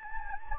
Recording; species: mosquito wingbeat signal from an infrared sensor; Anopheles gambiae